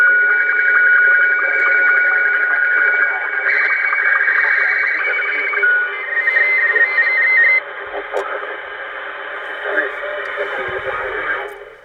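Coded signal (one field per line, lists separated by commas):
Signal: SSTV (slow-scan television)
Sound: warbling, buzzy tones between mid and high pitch, with steady rhythmic ticks several times a second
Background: radio static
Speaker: so I've already coton most of one I missed the beginning of it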